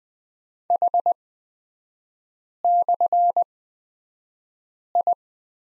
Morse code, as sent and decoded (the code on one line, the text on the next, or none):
.... -..-. ..
H/I